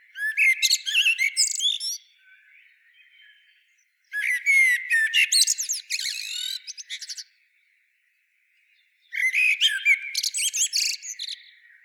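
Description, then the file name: Common blackbird singing three phrases, each a rich whistled warble with dense high twitters. "Turdus merula"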